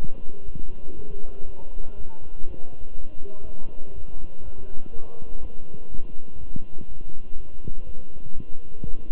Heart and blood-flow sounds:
heart sounds by stethoscope; between the tricuspid and mitral areas; 122 bpm
0.44 s: heartbeat
0.95 s: heartbeat
1.45 s: heartbeat
1.96 s: heartbeat
2.46 s: heartbeat
2.96 s: heartbeat
3.45 s: heartbeat
3.94 s: heartbeat
4.44 s: heartbeat
4.93 s: heartbeat
5.41 s: heartbeat
5.90 s: heartbeat
6.39 s: heartbeat
6.87 s: heartbeat
7.36 s: heartbeat
7.85 s: heartbeat
8.34 s: heartbeat
8.83 s: heartbeat
From the record:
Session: walking at 3.7 km/h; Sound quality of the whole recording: good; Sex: male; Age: 23 years

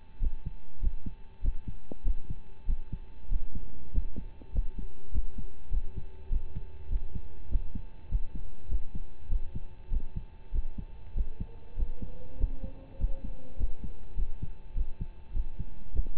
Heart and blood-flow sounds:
heart sounds by stethoscope; between the tricuspid and mitral areas; 99 bpm
0.19 s: heartbeat
0.79 s: heartbeat
1.41 s: heartbeat
2.03 s: heartbeat
2.65 s: heartbeat
3.28 s: heartbeat
3.91 s: heartbeat
4.51 s: heartbeat
5.11 s: heartbeat
5.70 s: heartbeat
6.29 s: heartbeat
6.88 s: heartbeat
7.48 s: heartbeat
8.08 s: heartbeat
8.68 s: heartbeat
9.28 s: heartbeat
9.89 s: heartbeat
10.51 s: heartbeat
11.13 s: heartbeat
11.75 s: heartbeat
12.37 s: heartbeat
12.97 s: heartbeat
13.56 s: heartbeat
14.15 s: heartbeat
14.73 s: heartbeat
15.32 s: heartbeat
15.92 s: heartbeat
From the record:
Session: rest, lying down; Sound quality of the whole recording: partially saturated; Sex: male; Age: 25 years

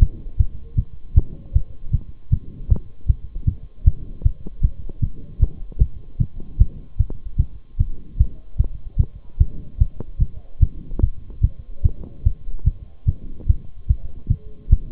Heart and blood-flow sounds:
heart sounds by stethoscope; between the tricuspid and mitral areas; 151 bpm
0.01 s: heartbeat
0.39 s: heartbeat
0.78 s: heartbeat
1.16 s: heartbeat
1.55 s: heartbeat
1.93 s: heartbeat
2.32 s: heartbeat
2.71 s: heartbeat
3.09 s: heartbeat
3.47 s: heartbeat
3.86 s: heartbeat
4.25 s: heartbeat
4.63 s: heartbeat
5.02 s: heartbeat
5.41 s: heartbeat
5.80 s: heartbeat
6.20 s: heartbeat
6.60 s: heartbeat
6.99 s: heartbeat
7.39 s: heartbeat
7.80 s: heartbeat
8.19 s: heartbeat
8.59 s: heartbeat
8.99 s: heartbeat
9.40 s: heartbeat
9.80 s: heartbeat
10.21 s: heartbeat
10.62 s: heartbeat
11.02 s: heartbeat
11.43 s: heartbeat
11.85 s: heartbeat
12.25 s: heartbeat
12.66 s: heartbeat
13.08 s: heartbeat
13.49 s: heartbeat
13.89 s: heartbeat
14.30 s: heartbeat
14.72 s: heartbeat
From the record:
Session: Bruce protocol treadmill stress test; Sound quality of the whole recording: partially saturated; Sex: male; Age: 23 years

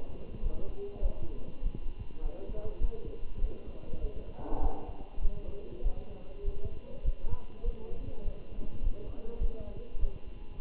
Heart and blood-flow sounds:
heart sounds by stethoscope; between the tricuspid and mitral areas; 100 bpm
0.42 s: heartbeat
1.02 s: heartbeat
1.62 s: heartbeat
2.22 s: heartbeat
2.81 s: heartbeat
3.40 s: heartbeat
4.01 s: heartbeat
4.61 s: heartbeat
5.21 s: heartbeat
5.83 s: heartbeat
6.44 s: heartbeat
7.04 s: heartbeat
7.64 s: heartbeat
8.24 s: heartbeat
8.83 s: heartbeat
9.40 s: heartbeat
9.99 s: heartbeat
10.59 s: heartbeat
From the record:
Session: Bruce protocol treadmill stress test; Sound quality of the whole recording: good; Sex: male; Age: 27 years

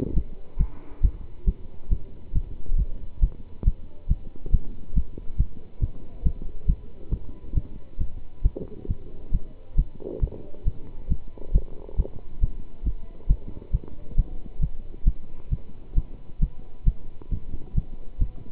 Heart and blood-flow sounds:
heart sounds by stethoscope; between the tricuspid and mitral areas; 136 bpm
0.14 s: heartbeat
0.58 s: heartbeat
1.02 s: heartbeat
1.45 s: heartbeat
1.89 s: heartbeat
2.33 s: heartbeat
2.76 s: heartbeat
3.20 s: heartbeat
3.64 s: heartbeat
4.08 s: heartbeat
4.51 s: heartbeat
4.94 s: heartbeat
5.37 s: heartbeat
5.80 s: heartbeat
6.23 s: heartbeat
6.66 s: heartbeat
7.10 s: heartbeat
7.54 s: heartbeat
7.98 s: heartbeat
8.43 s: heartbeat
8.87 s: heartbeat
9.31 s: heartbeat
9.76 s: heartbeat
10.20 s: heartbeat
10.65 s: heartbeat
11.08 s: heartbeat
11.52 s: heartbeat
11.96 s: heartbeat
12.40 s: heartbeat
12.84 s: heartbeat
13.28 s: heartbeat
13.72 s: heartbeat
14.16 s: heartbeat
14.60 s: heartbeat
15.04 s: heartbeat
15.50 s: heartbeat
15.95 s: heartbeat
16.40 s: heartbeat
16.85 s: heartbeat
17.30 s: heartbeat
17.74 s: heartbeat
18.18 s: heartbeat
From the record:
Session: pedaling a stationary bicycle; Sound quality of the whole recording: good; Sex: male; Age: 27 years

